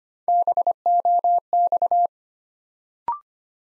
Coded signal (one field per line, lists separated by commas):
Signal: Morse code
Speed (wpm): 25 wpm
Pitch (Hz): 700 Hz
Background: none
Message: BOX